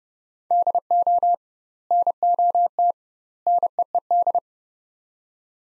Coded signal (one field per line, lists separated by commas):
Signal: Morse code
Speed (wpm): 30 wpm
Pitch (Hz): 700 Hz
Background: none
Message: DO NOT NEED